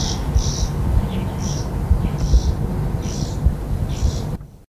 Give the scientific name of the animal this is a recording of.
Chloris chloris